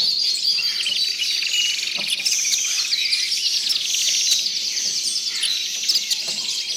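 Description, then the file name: Tropical birds in a steady, dense wall of high chirping and trilling, with insect-like buzzing blended through and a few sharper calls. "Authentic Sound Effects - Tropical Birds"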